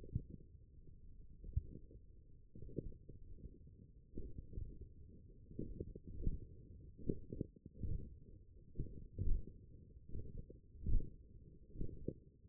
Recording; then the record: forearm muscle sounds (acoustic myography)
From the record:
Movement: forearm supination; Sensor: system 1, eight BSWA MPA416 microphones around the upper forearm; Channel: 5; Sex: male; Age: 42 years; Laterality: right